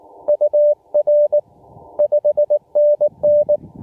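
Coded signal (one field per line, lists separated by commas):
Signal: Morse code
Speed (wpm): 21 wpm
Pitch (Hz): 590 Hz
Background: none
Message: UR 5NN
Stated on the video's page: Morse heard during a Summits On The Air activation on Combs Peak.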